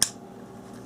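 A plastic tool-less mounting track is pressed onto the side of a hard drive so its pins pop into the drive's screw holes. A single sharp, bright click sounds at 0.0 s, followed by a quiet, steady low background for the rest of the clip. The track seats into the screw hole.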